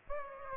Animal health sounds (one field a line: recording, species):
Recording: mosquito wingbeat signal from an infrared sensor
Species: Aedes aegypti